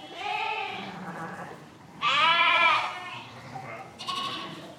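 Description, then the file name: Lambs bleating: a quavering bleat, then a louder strained one, then a short higher call near the end. Lambs bleating; recorded 7 April 2007. "20070407 Lambs Bleating"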